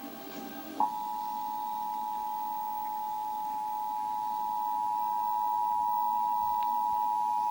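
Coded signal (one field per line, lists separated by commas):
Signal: Emergency Alert System (SAME) tones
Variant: 853 and 960 Hz attention tone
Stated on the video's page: Real Tornado Warning received on satellite TV and played back from a DVR recording; satellite signal dropped partway through.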